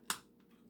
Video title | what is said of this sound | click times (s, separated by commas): How to Transform 2004 Transformers Energon Landmine | and lock it in place and then turn these straight | 0.1 s